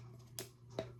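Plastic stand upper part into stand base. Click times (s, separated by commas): 0.4 s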